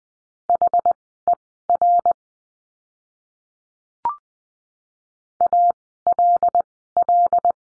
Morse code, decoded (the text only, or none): HER ALL